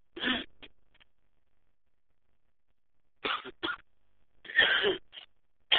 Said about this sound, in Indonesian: Istirahat ini mulai gatal-gatal. Nah, batuk.